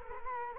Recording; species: mosquito wingbeat signal from an infrared sensor; Culex quinquefasciatus